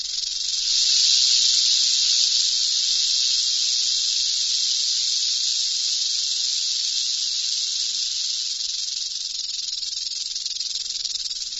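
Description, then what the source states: Mojave rattlesnake rattling, a steady high hissing buzz that starts abruptly and holds unbroken for about eleven seconds, slowly fading slightly toward the end. Rattle of nested modified tail scales vibrated to produce a hissing sound.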